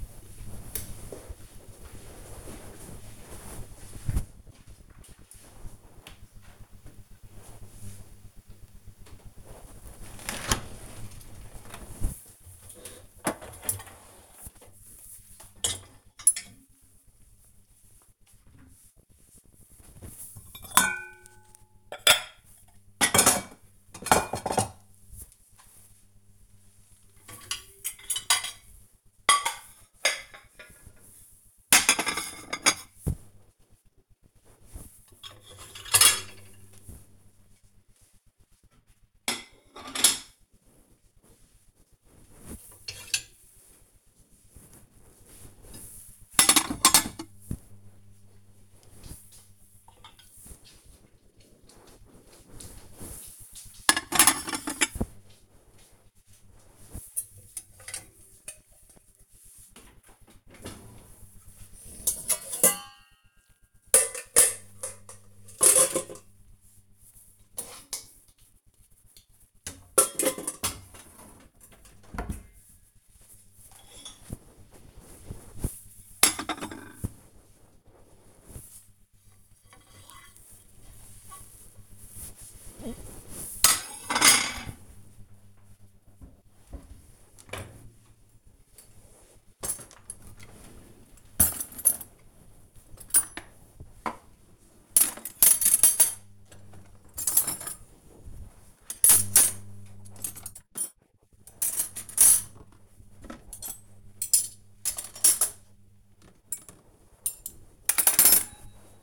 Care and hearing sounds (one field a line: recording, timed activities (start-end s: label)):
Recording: household activities, microphone on the right wrist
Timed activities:
8.85-109.03 s: cleaning out the dishwasher